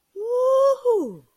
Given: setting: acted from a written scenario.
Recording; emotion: vocal sound without words; ecstasy